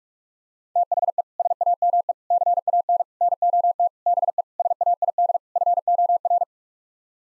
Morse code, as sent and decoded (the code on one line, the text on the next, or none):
- .... . / ... .- -- . / -.-. .- -. / -. --- - / -... . / ... .- .. -.. / ..-. --- .-.
THE SAME CAN NOT BE SAID FOR